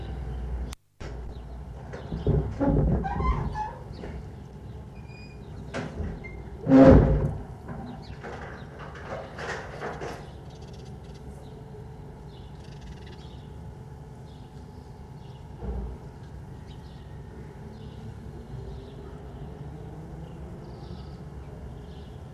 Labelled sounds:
Corsac Fox barking
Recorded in captivity
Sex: male
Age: adult
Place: Zoologisches Institut der HUB, Berlin, DE
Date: 1966-04-30 11:45
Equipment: Qualiton, GDM 121, Transistorverstärker
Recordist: Tembrock, Günter

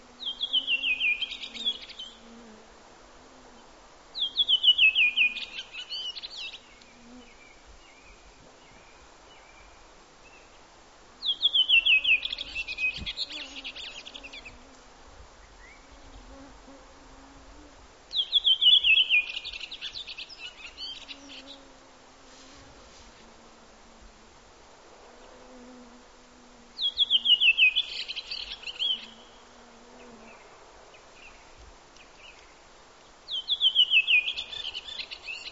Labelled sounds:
Redwing song
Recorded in the wild
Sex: male
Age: adult
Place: Halbinsel Kindo, Karelien, RU
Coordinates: 66.5472, 33.1189
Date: 1995-06-20 23:48
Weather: fair, 15°C
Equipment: Sony TCD-D3, Sennheiser MKH 70, Windkorb
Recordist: Frommolt, Karl-Heinz

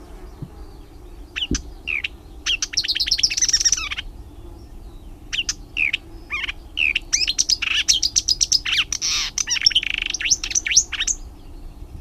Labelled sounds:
Marsh Warbler song
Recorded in the wild
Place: Anhauser Weiher, DE
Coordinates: 48.8458, 10.6578
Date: 1970-06-06
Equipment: Uher Report 4200, AKG D190C in Doppel-Parabolreflektor
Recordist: Krey, Winfried

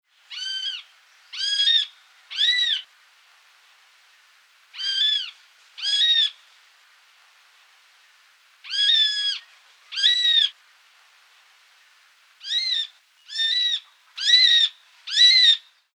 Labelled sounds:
Eurasian Sparrowhawk
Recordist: Tembrock, Günter
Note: Rufe

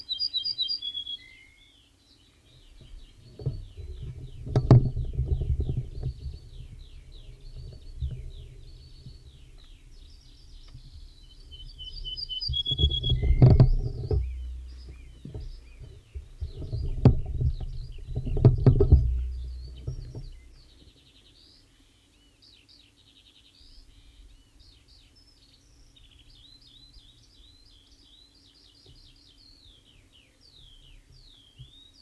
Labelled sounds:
Ortolan Bunting song
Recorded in the wild
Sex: male
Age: adult
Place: Uchte, Niedersachsen, DE
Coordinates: 52.5, 8.91667
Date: 1970-05-24
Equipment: Uher 4000 Report-S, Bändchenmikro Beyer M 260, Parabolspiegel Polyester (470 mm)
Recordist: Conrads, Klaus
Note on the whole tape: Männchen (Uchte 4): Wechselgesang

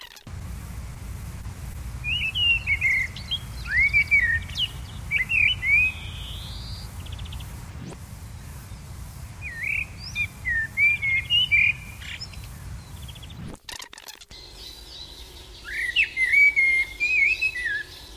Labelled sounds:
Common Blackbird song
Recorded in the wild
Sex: male
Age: adult
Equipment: Überspiel, Halbspur, Uher Report 4000
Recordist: Tretzel, Erwin

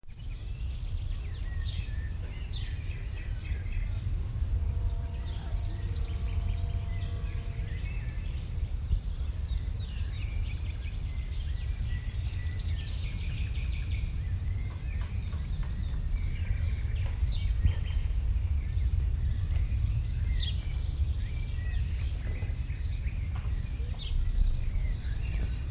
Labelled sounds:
European Serin song
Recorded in the wild
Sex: male
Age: adult
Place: Mönchmühle, Brandenburg, DE
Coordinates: 52.65, 13.395
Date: 1975-05-11 10:15
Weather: hazy, ca. 18°C
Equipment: Uher CR 210, Sennheiser MD 421, Verstärker, Kopie Uher 4200
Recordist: Tembrock, Günter

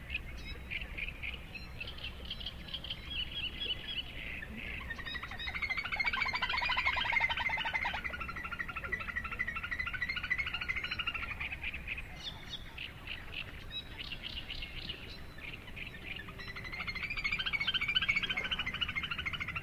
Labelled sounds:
Little Grebe call
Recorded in the wild
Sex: diverse
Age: adult
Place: Kützerhof, Kummerower See, Mecklenburg-Vorpommern, DE
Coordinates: 53.8514, 12.8764
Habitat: wetland
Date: 2010-05-19 21:21
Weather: overcast, 12°C, almost no wind
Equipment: Sound Devices 702, Sennheiser MKH 70, Rycote Windschutz
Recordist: Frommolt, Karl-Heinz

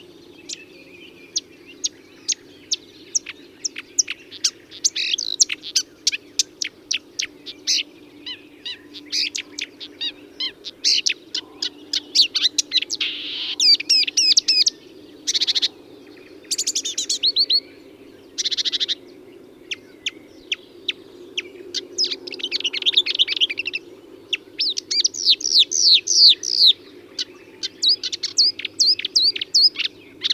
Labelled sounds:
Marsh Warbler song
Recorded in the wild
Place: Groß Nemerow, Mecklenburg-Vorpommern, DE
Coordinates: 53.453, 13.186
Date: 1982-05-24
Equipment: Nagra III BH, Sennheiser MD 21, parabola
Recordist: Schubert, Michael

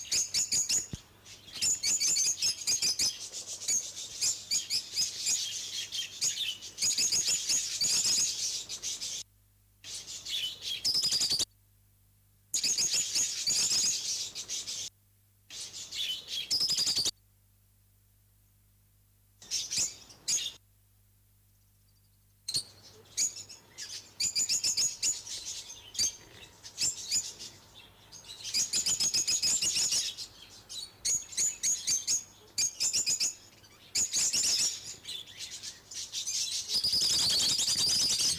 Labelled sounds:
Rosy-faced Lovebird call
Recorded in captivity
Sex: group
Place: Zoo Halle, Sachsen-Anhalt, DE
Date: 2004-12-14 13:10
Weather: sonnig, 2°C
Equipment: Sony WM-D6C, Sennheiser ME 80, Kopie Uher 4000 Report Monitor
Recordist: Tembrock, Günter

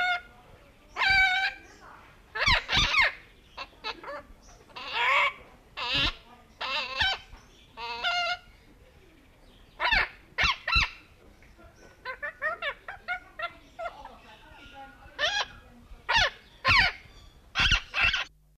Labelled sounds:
Great-billed Parrot call
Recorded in captivity
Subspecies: megalorynchos
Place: Vogelpark Walsrode, Niedersachsen, DE
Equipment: Halbspur, 9,5 cm/s
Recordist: Lütgens, Hans

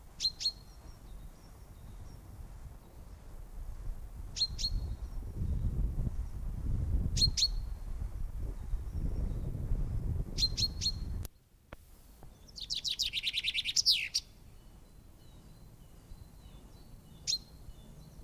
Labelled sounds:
Common Chaffinch
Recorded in the wild
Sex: male
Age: adult
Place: Kaiserslautern, Rheinland-Pfalz, DE
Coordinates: 49.4372, 7.80972
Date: 1962-04-09
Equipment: Stellavox SM 5, Original, Vollspur
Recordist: Tretzel, Erwin
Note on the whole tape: Kaiserslautern, Dorado (eigene Bezeichnung, verwildertes Gebiet). Männchen: Gesang und Rufe

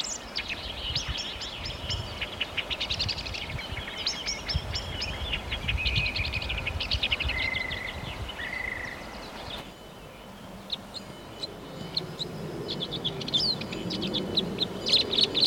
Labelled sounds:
Red-backed Shrike song
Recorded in the wild
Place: Hörfeld, Hörfeld Moor, Steiermark, AT
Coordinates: 47.0317, 14.5064
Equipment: Uher 4100 Report-V
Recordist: Brunner, Thomas

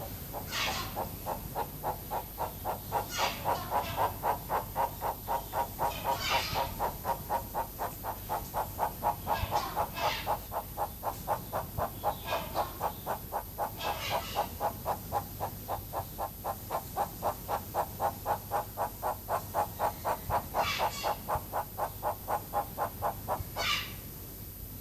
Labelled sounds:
Von Der Decken's Hornbill call
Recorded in captivity
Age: adult
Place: Zoo Berlin, Berlin, DE
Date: 2005-08-26 15:29
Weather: sonnig, 17°C
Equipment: Panasonic RQ-2102, Sennheiser ME 80, Kopie Uher 4000 Report Monitor
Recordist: Tembrock, Günter

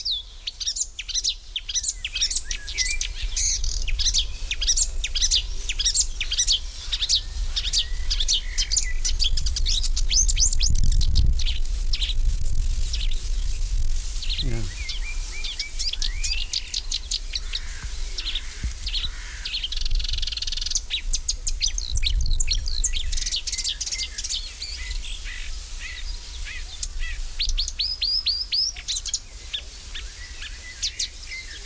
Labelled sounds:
Marsh Warbler song
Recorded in the wild
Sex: male
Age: adult
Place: Lübars (Fließtal), Berlin, DE
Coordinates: 52.6167, 13.35
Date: 1999-06-13 12:20
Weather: fair, 20°C
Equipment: Sony WM-D6C, Sennheiser ME 80, Kopie Uher 4000 Report Monitor
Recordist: Tembrock, Günter

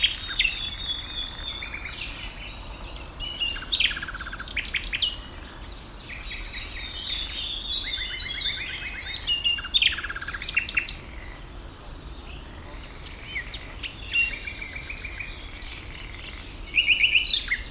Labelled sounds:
Common Nightingale
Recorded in the wild
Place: Karower Teiche, Naturpark Barnim, Berlin, DE
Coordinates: 52.62, 13.46
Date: 1996-05-19 13:30
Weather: heiter, 24°C
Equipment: Sony MD-WM MZ-R3, Sennheiser MKH 416 T, Kopie Uher 4000 Report Monitor
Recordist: Tembrock, Günter

